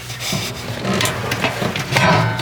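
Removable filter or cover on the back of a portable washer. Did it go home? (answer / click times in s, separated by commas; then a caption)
yes / 2.0 s. A removable filter or cover is pushed back onto the back of a Black & Decker portable washer and dryer, with rubbing and scraping and a few short knocks as it is worked into place. It snaps on with a sharp click at 2.0 seconds and is seated.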